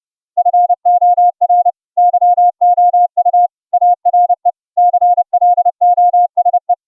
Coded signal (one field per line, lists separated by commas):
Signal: Morse code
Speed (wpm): 30 wpm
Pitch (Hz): 710 Hz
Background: none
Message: FOR YOU ARE CLOSE